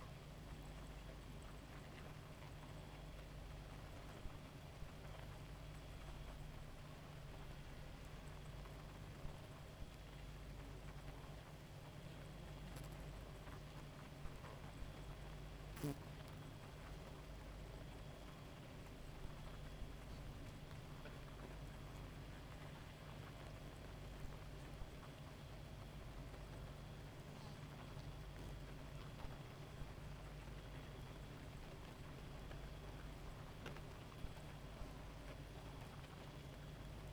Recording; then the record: honeybee colony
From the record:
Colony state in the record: active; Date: 28 July 2017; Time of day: 1:50